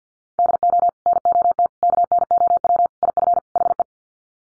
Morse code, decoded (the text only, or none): DO NOT KNOW IF HE